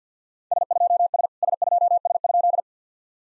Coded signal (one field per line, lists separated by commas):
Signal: Morse code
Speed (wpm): 48 wpm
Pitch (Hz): 700 Hz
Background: none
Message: S2S S2S?